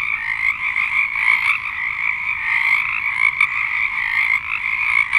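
Frogs in chorus, many overlapping trills merging into a constant pulsing drone with slight swells in loudness.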